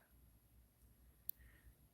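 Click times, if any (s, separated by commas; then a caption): 1.3 s. A small latch, on a container or clasp, is pushed closed into its catch. Over a quiet low-frequency background, a single sharp, bright click sounds at 1.3 s, and the latch is seated shut.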